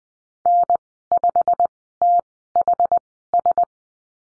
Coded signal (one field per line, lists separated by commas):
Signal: Morse code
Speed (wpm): 20 wpm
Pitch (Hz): 700 Hz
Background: none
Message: N5THS